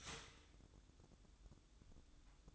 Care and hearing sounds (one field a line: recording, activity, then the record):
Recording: daily activity, microphone in the room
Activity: start toaster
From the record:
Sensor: 3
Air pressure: 1007.1 hPa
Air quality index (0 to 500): 57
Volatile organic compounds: 1 ppm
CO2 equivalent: 601 ppm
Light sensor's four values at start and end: 9/21/8/9 and 9/20/8/9